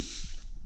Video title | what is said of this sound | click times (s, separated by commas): How to Lower CTS-V | So, this clicks into place just like that. | 0.0 s